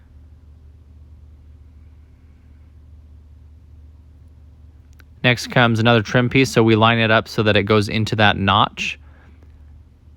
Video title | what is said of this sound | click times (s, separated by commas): Allen and Roth Lighted patio shade umbrella install MODEL/MODELO#URM819003J-GURM819003J-3 | you push on it you'll should hear it click | 4.9 s, 5.0 s